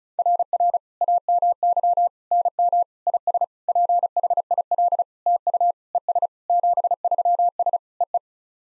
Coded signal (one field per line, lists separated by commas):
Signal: Morse code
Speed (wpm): 36 wpm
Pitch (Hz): 700 Hz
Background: none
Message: RR AMY NM IS PHIL TU ES 73S EE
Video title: SOTA QSO Practice 35wpm